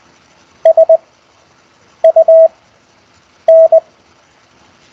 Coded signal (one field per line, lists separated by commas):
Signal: Morse code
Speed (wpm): 20 wpm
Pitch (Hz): 650 Hz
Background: none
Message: SUN